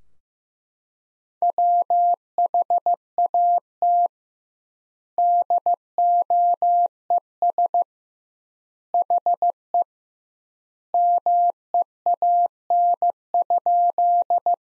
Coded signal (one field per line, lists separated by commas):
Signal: Morse code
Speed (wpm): 15 wpm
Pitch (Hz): 700 Hz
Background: none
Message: WHAT DOES HE MEAN?